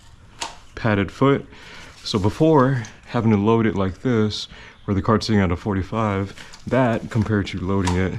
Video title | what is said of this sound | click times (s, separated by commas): Suspenz Catch-All Universal Beach Cart // Unboxing // Assembly // Field Test and Thoughts | locks into place there's little cutouts right here as well | 0.4 s